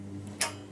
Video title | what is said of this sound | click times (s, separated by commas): Craftsman Pressure Washer - Full Tune Up! | so now when you put this on you can actually hear it click on and it's nice and secure | 0.4 s